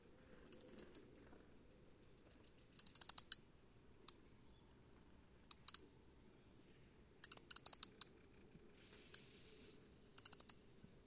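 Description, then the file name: European robin giving short bursts of rapid, high, dry ticking notes, several bursts spread throughout, with quiet gaps between them. "Erithacus rubecula"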